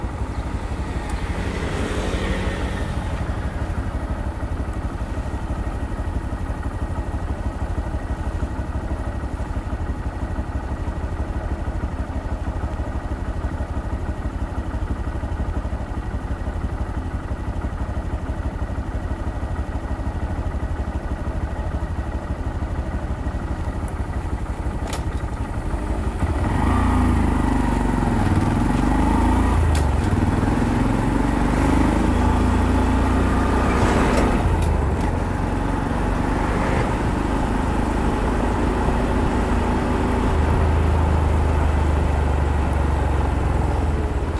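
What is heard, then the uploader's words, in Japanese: A motorcycle ride with no talking: a steady engine drone and constant rush of road and wind noise. About halfway through, near the 26-second mark, the engine grows louder and rougher, with rising and falling revs and a few sharp knocks. 無言でバイクを走らせました。周りの車の音なども入っています。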